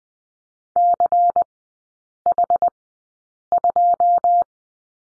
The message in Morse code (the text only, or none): CH2